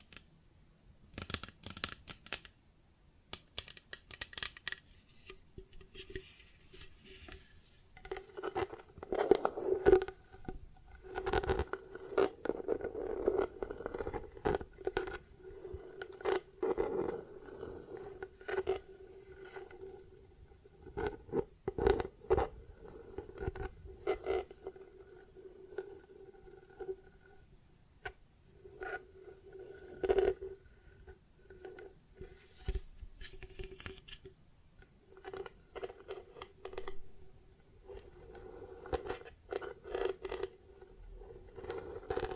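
Plastic objects are tapped and scratched in irregular bursts, with sharp clicks, scraping rubs and a faint steady tone between busier stretches.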